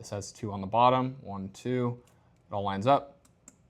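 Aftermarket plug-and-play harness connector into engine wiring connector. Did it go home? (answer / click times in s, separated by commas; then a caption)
no / none. Someone talks while lining up a keyed plastic multi-pin connector on a Motiv Reflex plug-and-play aftermarket harness (for B58TU and S58 engines), with two slots on the bottom and one on top, against its mating engine wiring connector. After the talking, two short sharp ticks come at about 3.2 s and 3.5 s. Nothing has seated or clicked into place yet.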